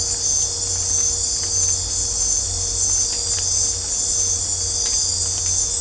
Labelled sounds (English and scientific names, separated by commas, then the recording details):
none
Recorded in dense forest near Puerto Asís, Putumayo, Colombia, on 22 December 2024 at 20:00
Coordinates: 0.503, -76.323
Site G043